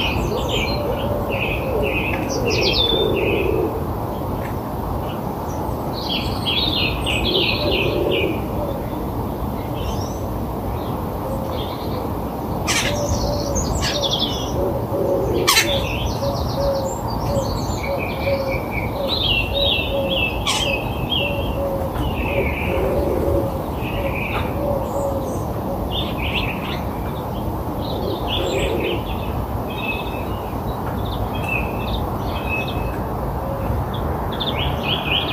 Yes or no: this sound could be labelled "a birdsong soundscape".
yes